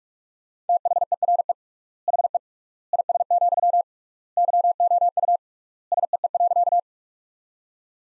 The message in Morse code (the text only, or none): THERE HE IS, YOU SEE.